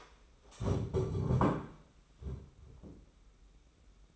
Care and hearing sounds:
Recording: daily activity, microphone in the room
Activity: stand up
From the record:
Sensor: 1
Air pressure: 991.7 hPa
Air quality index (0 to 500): 158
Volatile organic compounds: 1000 ppm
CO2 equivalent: 5896 ppm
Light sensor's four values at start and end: 31/103/40/41 and 30/100/39/40

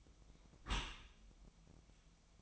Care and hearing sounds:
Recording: daily activity, microphone in the room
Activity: close dishwasher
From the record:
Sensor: 1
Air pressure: 1004.7 hPa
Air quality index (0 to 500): 119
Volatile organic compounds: 4 ppm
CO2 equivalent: 1646 ppm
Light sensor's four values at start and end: 9/21/8/9 and 9/21/8/9

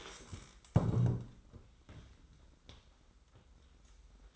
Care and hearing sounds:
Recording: daily activity, microphone in the room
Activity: stand up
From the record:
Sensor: 3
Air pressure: 990.4 hPa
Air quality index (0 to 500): 171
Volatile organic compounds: 1000 ppm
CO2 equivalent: 5541 ppm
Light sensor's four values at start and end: 43/100/41/39 and 43/101/41/39

